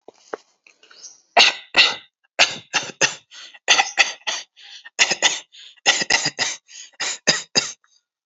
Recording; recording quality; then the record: shallow voluntary cough; excellent, no background noise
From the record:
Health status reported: healthy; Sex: male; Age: 23 years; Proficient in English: yes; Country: India